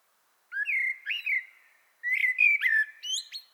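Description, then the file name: Common blackbird giving two runs of mellow, slurred whistles with a short pause between, the second climbing into a brief squeaky flourish at the end. "Turdus merula"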